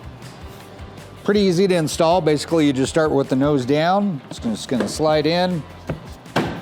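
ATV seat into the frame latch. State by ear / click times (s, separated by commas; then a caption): seated / 6.4 s. A 2024 Suzuki KingQuad ATV seat is lowered nose down, slid into its mounts on the frame and pushed down until the rear latch engages. Someone talks, then a small knock is heard at 5.9 s and the seat pops into place with a sharp click at 6.4 s, seated.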